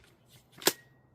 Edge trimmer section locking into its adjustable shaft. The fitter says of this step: just clicks back in. Dead easy when you know what you're doing.